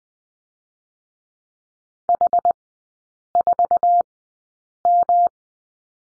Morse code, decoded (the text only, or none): H4M